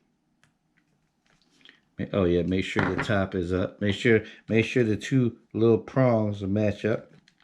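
A rechargeable battery pack plug is lined up, top side up, so its two small prongs match the plastic power connector of a Dictator 1:18 scale R/C racer. Faint handling ticks come before and after someone talks. Nothing has seated or clicked yet.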